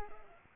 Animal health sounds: mosquito wingbeat signal from an infrared sensor; Culex pipiens

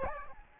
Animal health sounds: mosquito wingbeat signal from an infrared sensor; Aedes albopictus

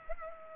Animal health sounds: mosquito wingbeat signal from an infrared sensor; Culex pipiens

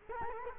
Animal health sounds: mosquito wingbeat signal from an infrared sensor; Culex quinquefasciatus

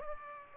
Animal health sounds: mosquito wingbeat signal from an infrared sensor; Aedes aegypti

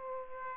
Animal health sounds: mosquito wingbeat signal from an infrared sensor; Aedes aegypti

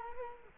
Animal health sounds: mosquito wingbeat signal from an infrared sensor; Culex quinquefasciatus

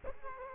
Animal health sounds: mosquito wingbeat signal from an infrared sensor; Culex quinquefasciatus

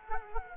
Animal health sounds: mosquito wingbeat signal from an infrared sensor; Culex quinquefasciatus

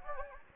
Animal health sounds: mosquito wingbeat signal from an infrared sensor; Anopheles gambiae

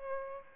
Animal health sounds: mosquito wingbeat signal from an infrared sensor; Aedes albopictus

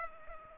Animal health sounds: mosquito wingbeat signal from an infrared sensor; Culex pipiens

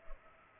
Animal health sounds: mosquito wingbeat signal from an infrared sensor; Culex pipiens

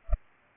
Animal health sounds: mosquito wingbeat signal from an infrared sensor; Culex pipiens

